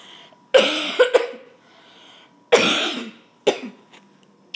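A woman with flu and a very sore throat gives a hacking cough, several harsh coughs in short bursts.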